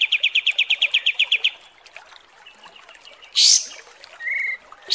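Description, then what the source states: Kapas tembak song: a quick train of sharp chirps, a lull, then a loud high rising buzz and a short whistled note. Masteran training recording used to tutor cage birds, described as a deluxe version.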